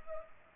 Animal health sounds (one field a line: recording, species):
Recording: mosquito wingbeat signal from an infrared sensor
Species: Culex pipiens